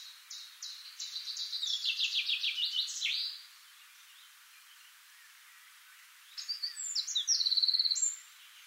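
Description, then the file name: Eurasian wren sings two bursts of high, rapid notes: a descending rattling trill, a pause, then a second shrill trilled phrase. "Troglodytes troglodytes"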